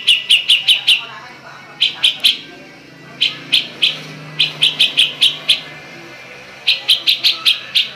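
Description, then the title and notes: Oriental magpie-robin giving loud sharp chirping notes in quick bursts of several, with pauses of about a second between bursts. "Kicau Kacer. kiccau"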